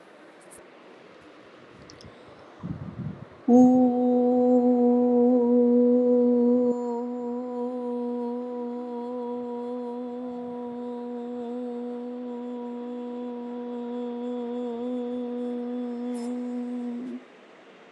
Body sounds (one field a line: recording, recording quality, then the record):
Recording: sustained vowel as in boot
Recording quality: excellent, no background noise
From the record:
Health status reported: healthy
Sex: female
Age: 49 years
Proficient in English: yes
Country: India